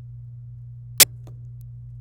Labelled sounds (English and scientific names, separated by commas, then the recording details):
Domestic Canary (Serinus canaria) song
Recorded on 26 April 2018 at 17:43
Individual llb3